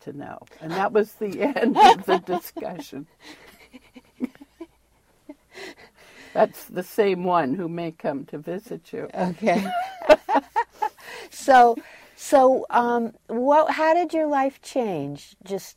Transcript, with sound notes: And that was the end of the discussion. (Laughs) That's the same one who may come to visit you.
Okay. So — so — uh — what — how did your life change?